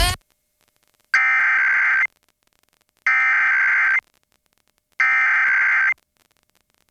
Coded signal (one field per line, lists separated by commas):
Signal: Emergency Alert System (SAME) tones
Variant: header bursts